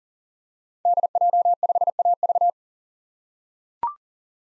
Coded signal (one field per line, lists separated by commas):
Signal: Morse code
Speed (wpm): 40 wpm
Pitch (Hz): 700 Hz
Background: none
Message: DJ5AV